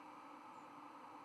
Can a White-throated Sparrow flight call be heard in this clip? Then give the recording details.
no. Another species' flight call is heard. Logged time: 02:21 on 5 November 2014